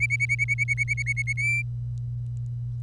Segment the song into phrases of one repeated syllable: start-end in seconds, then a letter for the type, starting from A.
0.00-1.33 A, 1.37-1.62 B